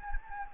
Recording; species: mosquito wingbeat signal from an infrared sensor; Anopheles gambiae